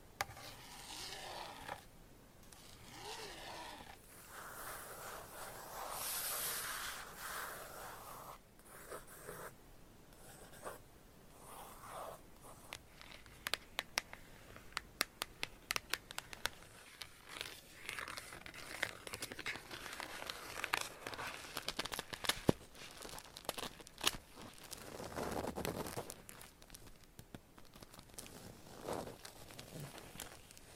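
A shifting series of ASMR triggers: soft scratching and crinkly rubbing in the first seconds, with a bright hissy burst near six seconds. From about 13 to 24 seconds, sharp, irregular taps and clicks dominate, then it returns to smoother rubbing sounds.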